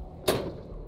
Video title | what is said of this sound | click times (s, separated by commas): Best Mods For Your 11th Gen F150 | it just clicks right in there you have a lock right here that you can lock it in and just pull this latch | 0.3 s